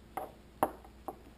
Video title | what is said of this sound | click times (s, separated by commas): Nixon Time Teller | when you lock it in see | 0.6 s